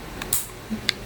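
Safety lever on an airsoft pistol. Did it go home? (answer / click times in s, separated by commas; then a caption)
yes / 0.9 s. The safety lever on a DB Desert Eagle (320 fps), a metal-bodied gas blowback airsoft pistol weighing roughly 1.7–1.8 kg, is lowered into the lock position. A couple of light ticks and a faint handling rub come first, then a sharp, bright click at 0.9 s. The safety seats and locks, and the lever is stiff once lowered.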